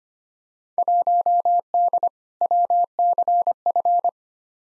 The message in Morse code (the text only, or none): 1D WCF